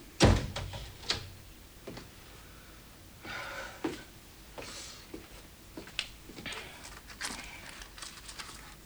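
A man shuts a door with a heavy low thud right at the start, followed by scattered clicks, soft rustling and shuffling movements for several seconds, with no one speaking.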